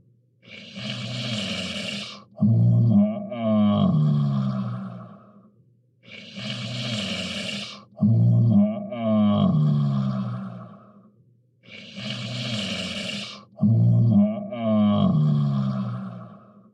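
Three regular breath cycles, about 11 a minute, each with a hissing airflow phase and a loud, low, rattling rumble. This is snoring in an adult sleeper, the vibration of the relaxed soft tissues of the throat during sleep breathing.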